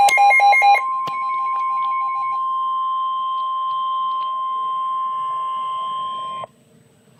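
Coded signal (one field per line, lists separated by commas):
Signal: Emergency Alert System (SAME) tones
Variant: 1050 Hz attention tone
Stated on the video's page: NOAA weather radio tornado warning for southern Summit County.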